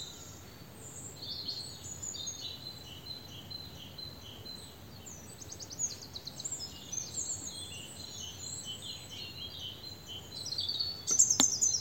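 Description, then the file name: European robin song of high, tinkling, fast-changing notes and brief trills, continuing throughout, with a steady low hum underneath and a sharp click near the end. "Erithacus rubecula"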